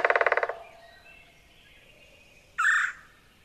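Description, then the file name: Red-bellied Woodpecker rolling call: a fast, burry trill lasting half a second, then a short harsh note about two seconds later, over quiet background. "Red-bellied Woodpecker (Wild America)"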